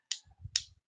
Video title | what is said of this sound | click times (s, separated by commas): Fan First Wednesday - Star Wars - | nice clicks into place just beautiful stuff so | 0.1 s, 0.6 s